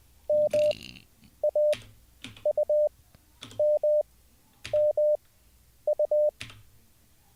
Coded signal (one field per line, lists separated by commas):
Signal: Morse code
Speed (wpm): 20 wpm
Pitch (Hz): 600 Hz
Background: none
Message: M A U M M U